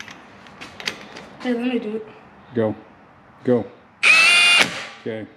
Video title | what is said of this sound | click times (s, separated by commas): Shop time with the kids - Installing new brake rotors on the family van | Just hold it till it clicks and then let go. | 0.9 s